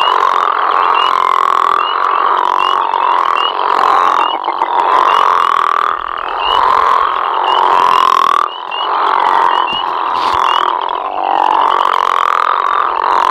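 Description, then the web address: Crawfish frogs calling in a dense chorus of overlapping, drawn-out snoring notes, with several callers heard at once. "Frog Lithobates Areolatus"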